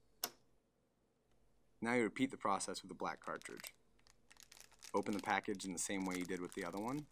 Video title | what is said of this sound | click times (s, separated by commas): Unboxing and Setting Up the HP Envy 5530 e-All-in-One Printer - HP | Close the lock lever until it snaps into place. | 0.2 s